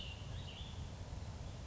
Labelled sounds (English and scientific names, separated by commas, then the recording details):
Cassin's Vireo (Vireo cassinii)
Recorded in Sonoma County, California